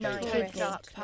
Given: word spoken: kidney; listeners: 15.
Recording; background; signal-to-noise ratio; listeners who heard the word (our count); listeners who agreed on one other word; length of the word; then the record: one English word in noise, from a listening test; four-talker babble; -1.2 dB; 0 of 15; 7 of 15; 0.64 s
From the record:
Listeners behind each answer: 7, 2, 2, 1, 1, 1, 1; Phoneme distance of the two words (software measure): 38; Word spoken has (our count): 2 syllables, 5 phonemes, stress on syllable 1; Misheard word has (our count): 1 syllable, 3 phonemes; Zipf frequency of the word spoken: 3.94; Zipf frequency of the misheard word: 5.65